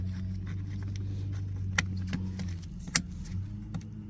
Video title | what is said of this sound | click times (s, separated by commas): Jeep Liberty 08-12 Clock spring removal. | that I'm quick click and that should be there | 1.8 s, 3.0 s